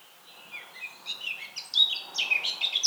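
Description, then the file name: Eurasian blackcap song: a warble building from soft chatter into louder, tumbling phrases over a faint hiss. "Sylvia atricapilla"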